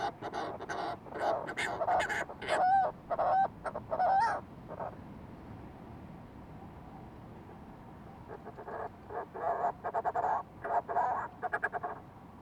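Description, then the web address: Fulmar prion calling in rough, throaty pulsed phrases for the first four seconds, a quiet pause, then another series of croaking bursts near the end. "sound fulmar-prion. صدای-پرنده-پریان-بدبو"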